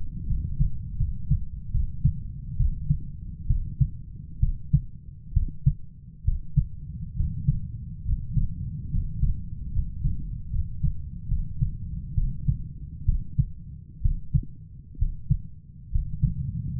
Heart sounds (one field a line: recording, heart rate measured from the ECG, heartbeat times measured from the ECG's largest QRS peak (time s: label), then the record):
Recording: heart sounds by stethoscope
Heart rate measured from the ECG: 69 bpm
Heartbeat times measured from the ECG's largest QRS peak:
0.26 s: heartbeat
0.96 s: heartbeat
1.71 s: heartbeat
2.56 s: heartbeat
3.46 s: heartbeat
4.39 s: heartbeat
5.33 s: heartbeat
6.24 s: heartbeat
7.16 s: heartbeat
8.05 s: heartbeat
8.90 s: heartbeat
9.71 s: heartbeat
10.50 s: heartbeat
11.28 s: heartbeat
12.14 s: heartbeat
13.05 s: heartbeat
14.01 s: heartbeat
14.98 s: heartbeat
15.91 s: heartbeat
From the record:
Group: healthy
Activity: cold pressor test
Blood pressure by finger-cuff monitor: 133/78 mmHg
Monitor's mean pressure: 93 mmHg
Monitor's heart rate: 66 bpm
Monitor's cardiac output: 7.6 L/min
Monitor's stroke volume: 109 mL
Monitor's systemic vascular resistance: 900 dyn s/cm5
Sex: male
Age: 23 years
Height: 178 cm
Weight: 96.6 kg